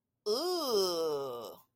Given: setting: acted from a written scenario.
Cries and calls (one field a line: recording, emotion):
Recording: vocal sound without words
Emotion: disgust